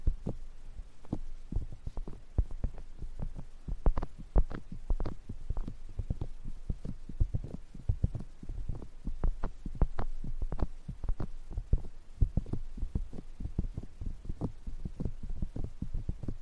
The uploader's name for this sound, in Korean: 귀 두드리는 소리